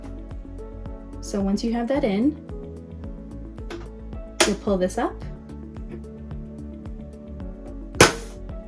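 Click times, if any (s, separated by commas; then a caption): 8.0 s. A plastic air-threading lever on an S0700 serger is pulled up until it latches, with someone talking over soft background music. The lever clicks into place with a sharp click at 8.0 s, and it is seated.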